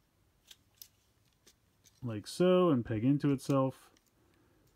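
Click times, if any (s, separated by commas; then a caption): none. A plastic part of a Mashin Sentai Kiramager Minipla EX Greatful Phoenix snap-together robot model kit is flipped around and handled to peg into its mating socket during transformation, with faint plastic handling ticks around 0.5 s and 0.8 s. Someone talks from about 2.0 s to the end. Nothing has seated or clicked into place yet.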